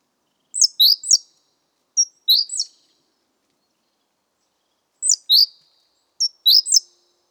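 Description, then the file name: Great tit calls: high, clipped notes in pairs and triplets, a short pause, then two more groups near the end. "Parus major"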